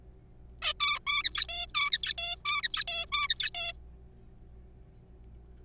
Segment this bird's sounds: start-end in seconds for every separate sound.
0.62-0.73, 0.80-0.98, 1.07-1.23, 1.24-1.46, 1.49-1.66, 1.75-1.91, 1.92-2.13, 2.18-2.36, 2.45-2.62, 2.63-2.84, 2.88-3.06, 3.12-3.28, 3.29-3.50, 3.55-3.73